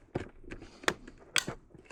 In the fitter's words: And clicks into place.